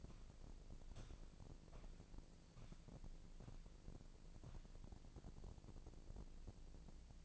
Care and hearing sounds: daily activity, microphone in the room; walk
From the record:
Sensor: 5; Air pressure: 1012.3 hPa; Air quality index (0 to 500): 155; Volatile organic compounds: 2 ppm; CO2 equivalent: 1065 ppm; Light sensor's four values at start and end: 299/720/307/342 and 297/715/305/340

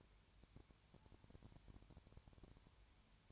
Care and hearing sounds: daily activity, microphone in the room; no activity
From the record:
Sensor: 2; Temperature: 20.3 degrees Celsius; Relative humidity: 33.8%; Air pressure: 1003.2 hPa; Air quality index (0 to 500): 82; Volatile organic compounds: 1 ppm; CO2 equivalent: 781 ppm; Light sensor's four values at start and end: 2/3/2/2 and 2/3/2/2

